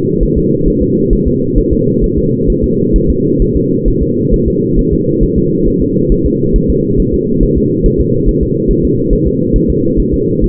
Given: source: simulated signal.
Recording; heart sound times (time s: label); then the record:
fetal heart sounds
0.23 s: S1
0.38 s: S2
0.68 s: S1
0.83 s: S2
1.13 s: S1
1.27 s: S2
1.58 s: S1
1.73 s: S2
2.04 s: S1
2.18 s: S2
2.50 s: S1
2.64 s: S2
2.96 s: S1
3.10 s: S2
3.42 s: S1
3.57 s: S2
3.88 s: S1
4.03 s: S2
4.34 s: S1
4.48 s: S2
4.79 s: S1
4.93 s: S2
5.23 s: S1
5.38 s: S2
5.68 s: S1
5.82 s: S2
6.12 s: S1
6.26 s: S2
6.56 s: S1
6.70 s: S2
7.00 s: S1
7.14 s: S2
7.43 s: S1
7.58 s: S2
7.86 s: S1
8.01 s: S2
8.29 s: S1
8.43 s: S2
8.71 s: S1
8.85 s: S2
9.13 s: S1
9.27 s: S2
9.56 s: S1
9.70 s: S2
10.00 s: S1
10.14 s: S2
10.44 s: S1
From the record:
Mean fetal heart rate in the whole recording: 135 bpm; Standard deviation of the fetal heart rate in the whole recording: 3 bpm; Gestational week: 36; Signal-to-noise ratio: -11.2 dB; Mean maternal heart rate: 72 bpm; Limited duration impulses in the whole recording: present